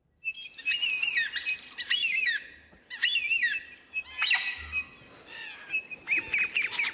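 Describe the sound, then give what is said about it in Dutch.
Continuous chorus of high, varied calls of endangered Australian birds: rapid whistled trills, sweeping chirps and squeaky notes overlapping throughout, fairly loud, with a low rumble beneath and no talking. “Staat vol met geluid van met uitsterven bedreigde Australische vogels.”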